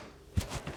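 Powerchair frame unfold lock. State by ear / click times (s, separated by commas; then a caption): not seated / none. A Jazzy Ultra Light folding lightweight powerchair is leaned forward and its frame unfolds itself, giving low handling thumps around 0.4, 0.55 and 0.7 seconds. The frame has not yet clicked or locked into place.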